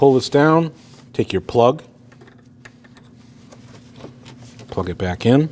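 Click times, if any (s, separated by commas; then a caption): none. Someone talks while the wiring harness plug for the power liftgate actuator on a 2014-2023 Jeep Cherokee is pulled down and lined up before being pushed in. Between the talking there are only small, quiet rattles and taps of the connector being handled. Nothing has seated or clicked yet.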